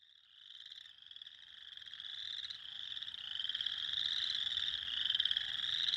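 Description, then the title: Spring peeper chorus swelling from quiet to loud, overlapping high whistled peeps sliding upward and blending into a ringing, shimmering chorus. Recorded on 6 April 2021. "2021-04-06-Spring-Peepers"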